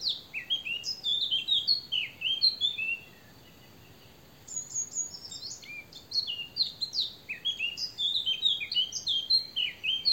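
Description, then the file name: Eurasian blackcap singing rich, fast warbled phrases, a pause, then more lively bursts of varied warbling notes. "Sylvia atricapilla"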